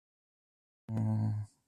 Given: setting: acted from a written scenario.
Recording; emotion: vocal sound without words; sympathy